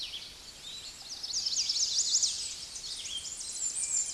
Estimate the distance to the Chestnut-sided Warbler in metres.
about 15 m